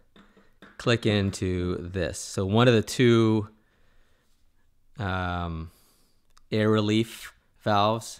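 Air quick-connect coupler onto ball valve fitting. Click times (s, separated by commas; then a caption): 0.2 s, 0.6 s. A metal air-line quick-connect coupler is pushed onto the fitting on a brass ball valve while building a tire inflator manifold. Two short clicks sound at 0.2 and 0.6 seconds as the coupler seats onto the valve, and then someone talks.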